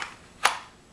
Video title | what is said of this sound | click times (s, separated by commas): How to Conceal Carry comfortably with a Foxy Tuck Holster | snaps right in there so | 0.4 s